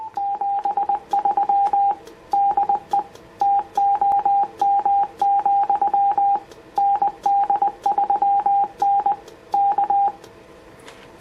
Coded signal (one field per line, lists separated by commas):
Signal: Morse code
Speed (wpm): 20 wpm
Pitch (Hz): 800 Hz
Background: radio noise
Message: 73 DE TOM, ND3N K